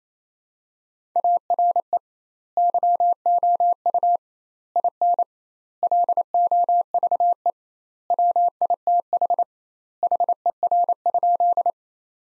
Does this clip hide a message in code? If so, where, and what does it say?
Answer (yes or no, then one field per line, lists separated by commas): yes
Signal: Morse code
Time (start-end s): 1.2-11.7 s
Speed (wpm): 28 wpm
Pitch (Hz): 700 Hz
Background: none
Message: ARE YOU IN LOVE WITH HER?